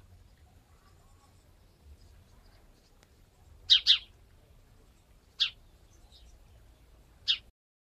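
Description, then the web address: Game bird giving sharp, high, clipped chirps: a quick double note, then two single chirps about two seconds apart, in otherwise near silence. "game birds"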